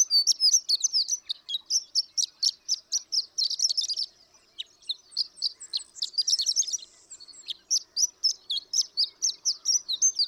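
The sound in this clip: Horned lark giving a rapid tinkling song of high, clipped notes, broken by a short quieter stretch partway through before resuming.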